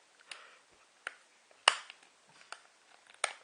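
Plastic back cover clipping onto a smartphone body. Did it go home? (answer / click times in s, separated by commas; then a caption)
yes / 1.7 s, 3.2 s. A plastic back cover is pressed into place around the body of a Pentagram Monster X5 Pro smartphone, producing a series of short, sharp clip snaps. The loudest snaps come at 1.7 s and 3.2 s, with fainter ones around them, and the cover is seated, though it takes some force to make the clips catch.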